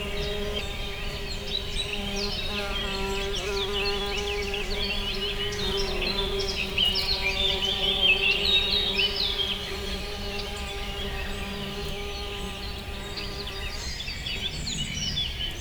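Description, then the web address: Wasp wing buzz, a steady low droning hum that holds for about fourteen seconds and then cuts off, with birds chirping and twittering busily above it. Several wasps recorded in nature at a water house in 2015, captured with a cardioid microphone. "allathangok termeszetben darazs 2015 darazsak vizhaz"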